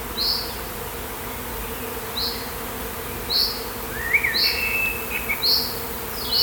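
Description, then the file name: Bee hum runs steadily beneath evenly spaced high bird chirps, with a brief lower twittering phrase midway. "Beeswav"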